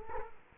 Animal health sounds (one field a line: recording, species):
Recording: mosquito wingbeat signal from an infrared sensor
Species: Culex quinquefasciatus